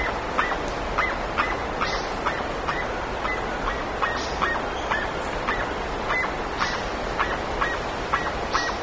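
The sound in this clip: Bird uttering a regular string of short arched call notes, a little over two per second, above a steady hissing background.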